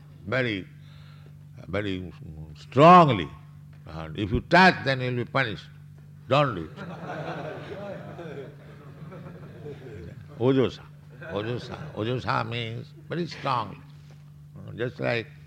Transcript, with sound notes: "very strongly." "If you touch, then you will be punished. Don't do it." [laughter] Ojasā. Ojasā. Ojasā means very strongly. Just like